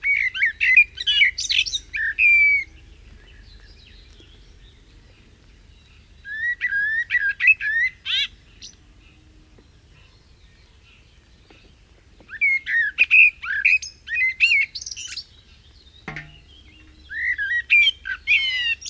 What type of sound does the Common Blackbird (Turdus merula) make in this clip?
song